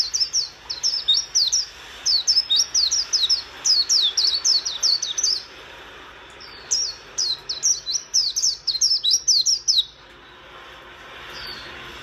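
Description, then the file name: White-eye delivering two rapid phrases of high, slurred chirping notes, each a few seconds long, separated by a brief pause. "Zosterops"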